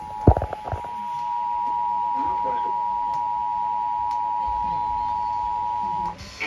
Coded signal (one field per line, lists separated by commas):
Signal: Emergency Alert System (SAME) tones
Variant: 853 and 960 Hz attention tone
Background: speech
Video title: Xtreme Mayhem XIII: A Sorta Moderate Mayhem! EAS Alerts From August 7, 2023